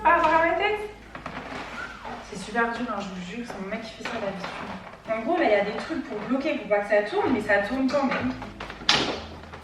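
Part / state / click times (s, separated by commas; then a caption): large part being assembled, fitted into its mating piece / seated / 8.9 s. A woman talks while struggling to fit a large part she is assembling into its mating piece, which has stops meant to keep it from turning. Small knocks and handling sounds come and go under her speech. At 8.9 s a sharp, loud click is heard as the part seats into place.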